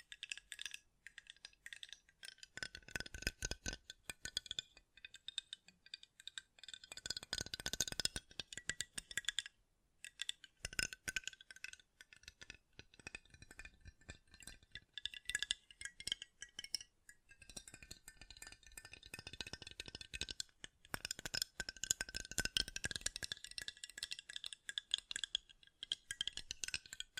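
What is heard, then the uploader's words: Rapid tapping continues throughout, dense bursts of bright clicking and rattling with brief pauses near 9 and 17 seconds. ASMR Great Tapping Sounds for Sleep (No Talking).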